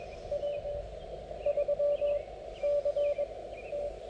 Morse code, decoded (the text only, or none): W3CT